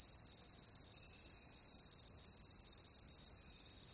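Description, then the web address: Crickets trilling in a constant high, shimmering drone that drops in loudness near the end. "WLL Grade 1-12 Pre-Uni Library Natures Songs Sleep Sounds of Nature CRICKETS Crickets"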